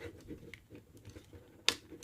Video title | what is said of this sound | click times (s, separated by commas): Transformers Titans Return Six Shot AND a Toy Dojo GIVEAWAY CONTEST!!! | and here you got to make sure you hear that snap | 1.7 s